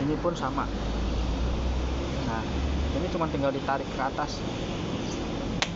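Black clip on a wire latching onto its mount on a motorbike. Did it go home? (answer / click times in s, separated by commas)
yes / 5.6 s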